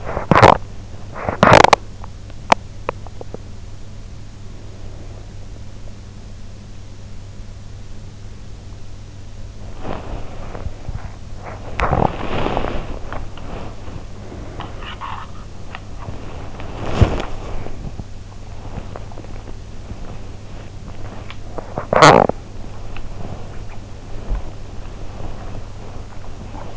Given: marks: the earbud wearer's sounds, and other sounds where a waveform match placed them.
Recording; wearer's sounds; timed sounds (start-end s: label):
sounds in sleep by an in-ear microphone; teeth grinding, body movement
0.00-0.68 s: teeth grinding
1.04-1.88 s: teeth grinding
2.47-3.41 s: teeth grinding
9.78-26.77 s: body movement
21.93-22.42 s: teeth grinding